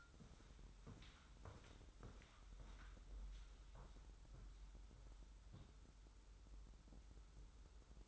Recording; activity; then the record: daily activity, microphone in the room; walk to room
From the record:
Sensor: 3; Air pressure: 994.3 hPa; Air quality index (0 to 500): 202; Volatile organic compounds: 1000 ppm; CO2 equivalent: 6724 ppm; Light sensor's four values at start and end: 98/230/93/87 and 98/230/93/86